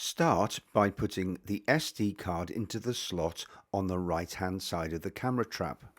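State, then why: Not seated. An SD memory card is being handled for insertion into the slot on the right-hand side of a Browning Recon Force Advantage trail camera, where a spring latch will hold it. Someone talks throughout the clip, and nothing has seated or clicked yet.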